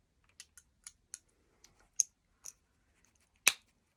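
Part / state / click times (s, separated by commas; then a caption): decorative dot insert into jewelry setting / seated / 3.5 s. A small interchangeable decorative dot is pressed into the setting of an earring or pendant over a few tries, making a series of light ticks and clicks. It finally pops in and seats with a sharp click at 3.5 s. No one talks.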